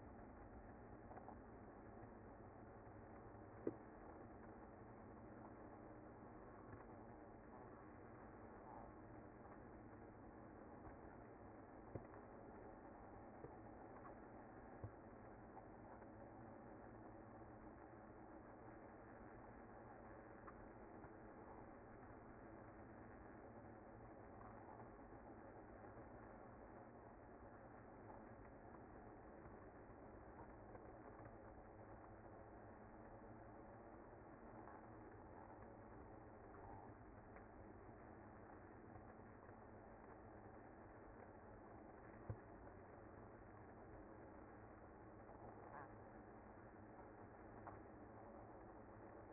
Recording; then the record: honeybee colony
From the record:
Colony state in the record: active